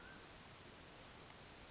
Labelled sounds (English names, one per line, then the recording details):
Mountain Quail
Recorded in Sonoma County, California